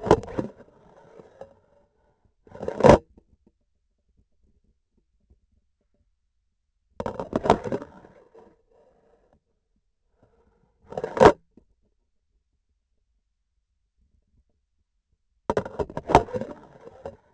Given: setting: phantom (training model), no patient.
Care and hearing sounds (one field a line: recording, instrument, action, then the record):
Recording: laparoscopic instrument, vibration sensor on the handle end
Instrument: grasping forceps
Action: insertion and removal through the trocar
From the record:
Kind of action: spatial motion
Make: other than Olympus